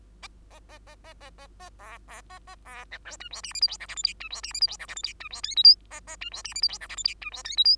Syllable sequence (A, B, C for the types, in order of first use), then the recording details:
A A A A A A A A B B A A B C D E F G H I J K L M N E F G H I J K L M N E F O P Q A A E F G H I J K L M N E F O P Q. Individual Bird2